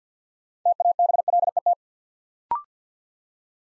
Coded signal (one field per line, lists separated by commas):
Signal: Morse code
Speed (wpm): 50 wpm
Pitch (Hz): 700 Hz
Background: none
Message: TABLET